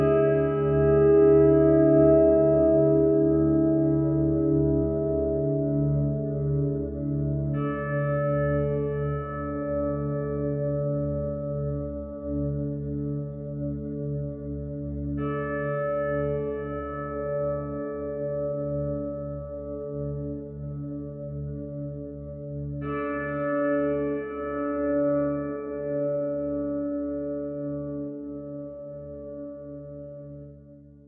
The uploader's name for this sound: Night Forest Meditation With 432hz Music